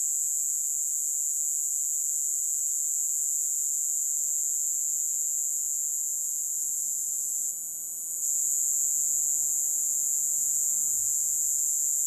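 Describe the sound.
Cicada call, a steady high-pitched hissing buzz that dips briefly after about seven seconds, then resumes at full strength.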